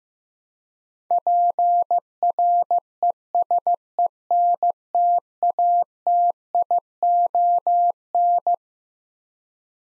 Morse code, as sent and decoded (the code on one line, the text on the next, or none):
.--. .-. . ... . -. - .- - .. --- -.
PRESENTATION